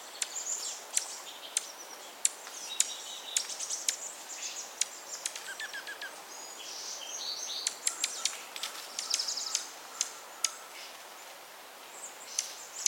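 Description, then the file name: Dark-eyed junco giving repeated sharp ticking calls at irregular intervals, with soft twittering notes in the background. Oregon group of the dark-eyed junco. "Junco hyemalis Oregon group - Dark-eyed Junco"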